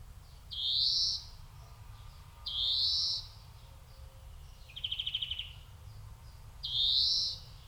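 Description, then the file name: European greenfinch giving drawn-out harsh wheezes roughly every two to four seconds, with one quick rattling trill between them. "Chloris chloris"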